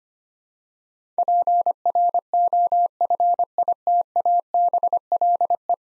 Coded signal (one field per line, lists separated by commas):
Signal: Morse code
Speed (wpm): 25 wpm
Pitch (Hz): 700 Hz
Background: none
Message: PROFITABLE